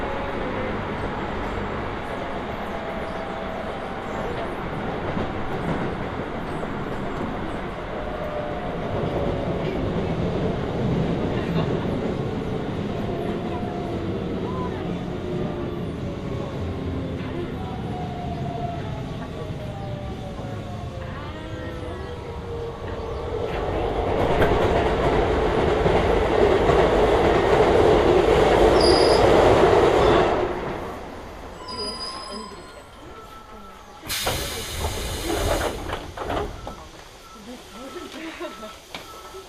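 Inside a train on the Hokuso Line into the Toei Asakusa Line, a steady rumble builds and squeals near 25 seconds before quieting with brief clatters.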